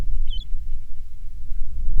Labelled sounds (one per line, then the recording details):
songbird
wind
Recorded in the Prudhoe Bay oil fields, Alaska, on 6 August 2019 at 05:05
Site 22